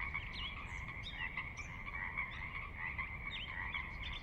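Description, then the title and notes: Pacific Chorus Frog chorus: many frogs croaking together in an unbroken pulsing wall of sound, sharp upslurred notes standing out, low water noise beneath. Recorded at midnight on the valley floor of Sinlahekin Valley, Sinlahekin Wildlife Area, Washington, near the Cascades; distant water spillage in background; unprocessed raw recording. "Sinlahekin Valley midnight. the ever-present Pacific Chorus Frogs that are a fixture of the Northwest Soundscape"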